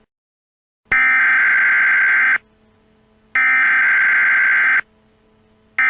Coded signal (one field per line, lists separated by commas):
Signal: Emergency Alert System (SAME) tones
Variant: header bursts